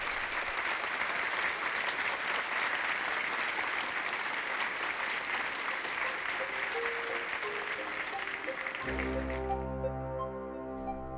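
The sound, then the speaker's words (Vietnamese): Loud, dense applause from a seminar audience welcoming speaker Đạm Vân, a social worker, roars on without a break for about nine seconds, a steady wash of many clapping hands, before abruptly giving way to a low, sustained tonal sound. “Tiếng vỗ tay vang dội tưởng như kéo dài bất tận.”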